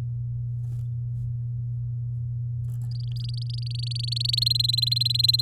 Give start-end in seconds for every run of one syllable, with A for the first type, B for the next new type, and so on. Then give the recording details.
2.91-4.44 A, 4.46-5.41 B. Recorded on 7 May 2018 at 14:06. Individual llb16